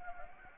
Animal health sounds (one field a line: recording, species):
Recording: mosquito wingbeat signal from an infrared sensor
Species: Anopheles gambiae